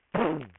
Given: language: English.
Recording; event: throat vibration sensor signal played as sound; throat clearing